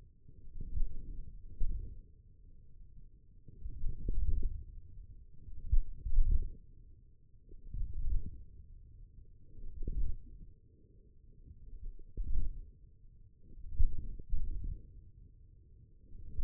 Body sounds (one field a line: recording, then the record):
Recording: forearm muscle sounds (acoustic myography)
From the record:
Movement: wrist flexion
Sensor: system 1, eight BSWA MPA416 microphones around the upper forearm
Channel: 3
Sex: male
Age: 28 years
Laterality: right